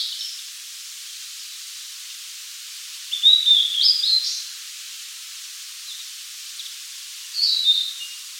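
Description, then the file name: Blue-and-white flycatcher song: two short phrases of clear whistled notes jumping between pitches, with a faint hiss behind. "Cyanoptila cyanomelana"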